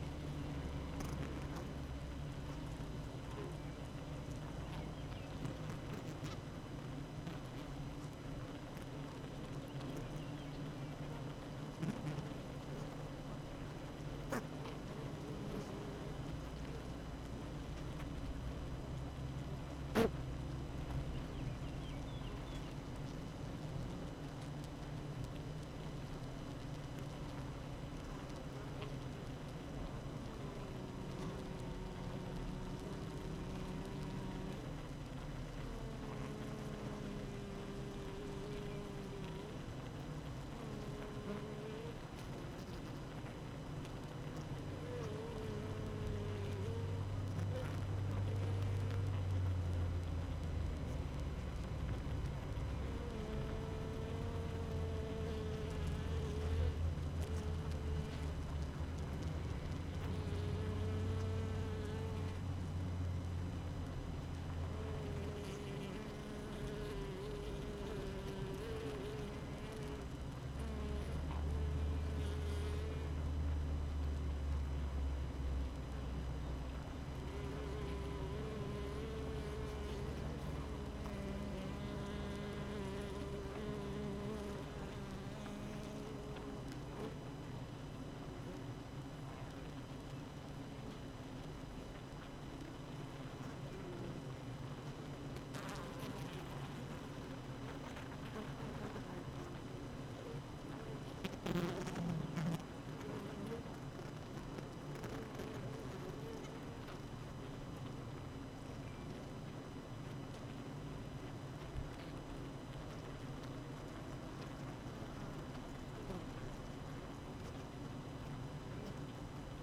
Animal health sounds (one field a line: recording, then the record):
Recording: honeybee colony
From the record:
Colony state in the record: active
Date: 12 June 2018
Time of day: 8:04